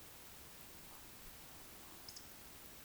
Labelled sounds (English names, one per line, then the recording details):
Eurasian Woodcock whistle
Eurasian Woodcock croak
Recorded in Baden-Württemberg, Germany, on 31 May 2021 at 20:03 UTC
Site 20675, 466 m above sea level